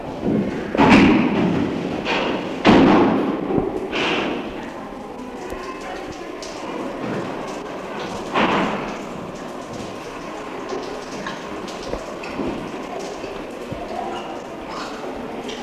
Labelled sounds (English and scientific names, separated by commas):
Chimpanzee (Pan troglodytes)